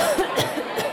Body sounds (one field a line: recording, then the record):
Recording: coughing mixed with background sound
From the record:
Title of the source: Coughing Woman Sound - Woman Cough Sound Effect